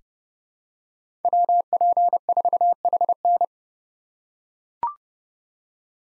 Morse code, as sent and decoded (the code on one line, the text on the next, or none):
.-- .--. ....- .... -.
WP4HN